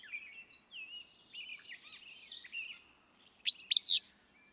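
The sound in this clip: Willow flycatcher: after a stretch of thin whistles and chips, one loud, buzzy, sneezing two-part phrase bursts in.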